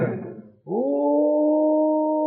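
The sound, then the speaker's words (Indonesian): A pelung rooster lets out a long, drawn-out crow: a short rough, raspy burst, then a loud, steady, mid-pitched tone held unbroken for over a second and a half. “Suara pelung kepanjangan.”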